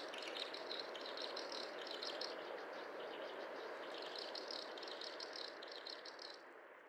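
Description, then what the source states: Snipe rattling almost continuously in rapid buzzy pulses, with a brief lull, all over a constant loud rushing sound. Recorded at Belaya Uba, Kazakhstan, on 18 May 2011.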